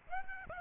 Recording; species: mosquito wingbeat signal from an infrared sensor; Aedes aegypti